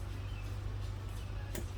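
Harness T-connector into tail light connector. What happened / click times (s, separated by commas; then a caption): The plastic connector clicked home / 1.5 s. A tow harness T-connector is plugged into the plastic connector of a Kia Sorento tail light over a steady low hum. A short, sharp click rings out at 1.6 s as the connector seats.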